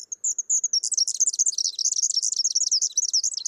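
songbird singing

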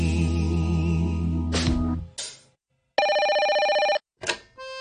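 telephone ringing

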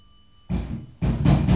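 pounding on a door

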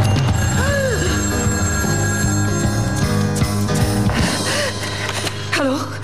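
telephone ringing

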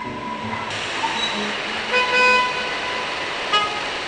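car horns honking

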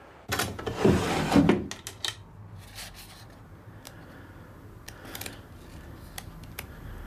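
drawer being opened

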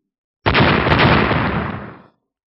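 explosion sound effect

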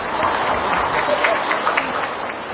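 audience applause

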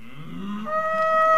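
cattle mooing

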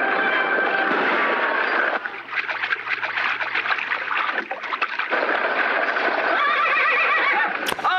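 horse neighing

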